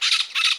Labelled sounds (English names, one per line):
Brown-throated Parakeet contact call